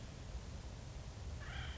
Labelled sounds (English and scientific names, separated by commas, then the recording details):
Acorn Woodpecker (Melanerpes formicivorus)
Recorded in Sonoma County, California